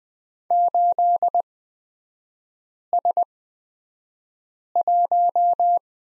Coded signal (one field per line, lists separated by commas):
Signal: Morse code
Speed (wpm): 20 wpm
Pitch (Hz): 700 Hz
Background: none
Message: 8S1